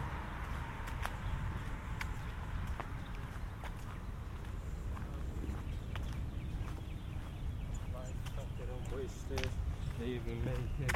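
A walk through suburban streets, with a steady low rumble of traffic, regular footsteps and clicks, and voices chattering toward the end.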